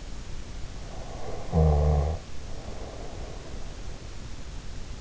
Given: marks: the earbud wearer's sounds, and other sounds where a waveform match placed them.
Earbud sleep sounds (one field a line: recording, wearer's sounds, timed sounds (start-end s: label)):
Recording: sounds in sleep by an in-ear microphone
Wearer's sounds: snoring breath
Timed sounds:
0.90-3.78 s: snoring breath